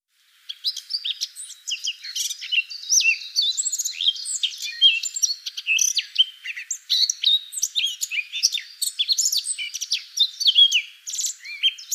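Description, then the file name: Eurasian blackcap song beginning after a short silence, then an unbroken rambling warble of chirps, squeaks and quick whistled slurs for the rest of the recording. "Sylvia atricapilla"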